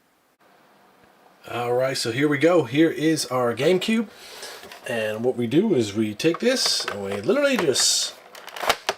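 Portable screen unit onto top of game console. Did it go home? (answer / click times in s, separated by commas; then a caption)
yes / 8.9 s. Someone talks, and then a portable screen and power pack unit is set onto the top of a GameCube console. A few light handling taps come just before it clicks into place at 8.9 s, seated on the console.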